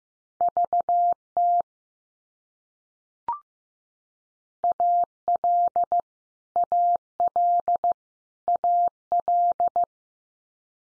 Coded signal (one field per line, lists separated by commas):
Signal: Morse code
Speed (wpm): 15 wpm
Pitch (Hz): 700 Hz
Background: none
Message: VT AL AL AL